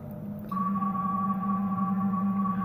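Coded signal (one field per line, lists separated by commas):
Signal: PSK31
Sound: two thin steady warbling tones over a low hum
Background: low hum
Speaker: I answered a guy's CQ and it was tough getting off now there he is he's still there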